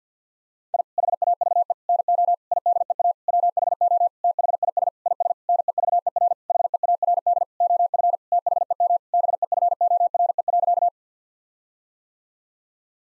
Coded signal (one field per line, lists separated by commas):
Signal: Morse code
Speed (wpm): 50 wpm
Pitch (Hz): 700 Hz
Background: none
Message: I HAVE NO IDEA WHO THIS IS NEVER HEARD OF THEM BEFORE.